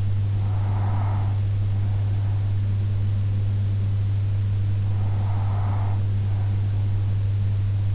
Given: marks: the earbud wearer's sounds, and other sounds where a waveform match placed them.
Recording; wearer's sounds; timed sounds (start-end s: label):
sounds in sleep by an in-ear microphone; breath
0.00-1.99 s: breath
4.99-6.99 s: breath